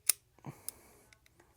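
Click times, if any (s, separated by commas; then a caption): 0.1 s. A revolver cylinder and crane, already slid into the frame of a Smith & Wesson J-frame revolver, is pushed up into the frame and closes with a sharp metallic click at 0.1 s, locking in place. Softer clicks and light handling sounds follow.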